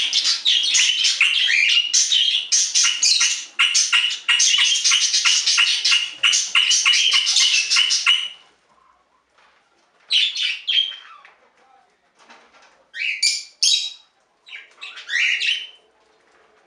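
Budgerigar warble, a dense eight-second stretch of rapid scratchy chattering notes, then quiet with a few separate squeaky chirp bursts.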